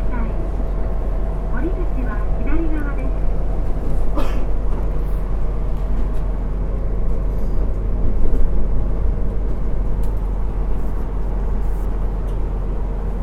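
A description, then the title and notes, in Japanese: Running sound aboard a JR Kyushu 200 series diesel railcar on the Kyudai line: a dense, steady low rumble with a constant hum underneath. Voices murmur in the first few seconds, and a brief clatter comes around four seconds. JR九州 200系気動車の走行音です。久大線の普通列車で録音しました。区間は、大分から賀来までです。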